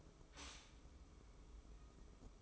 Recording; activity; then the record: daily activity, microphone in the room; stop toaster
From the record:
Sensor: 1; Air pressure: 995.3 hPa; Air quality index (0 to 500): 25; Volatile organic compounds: 1 ppm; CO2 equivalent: 505 ppm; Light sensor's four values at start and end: 18/58/21/23 and 18/58/21/23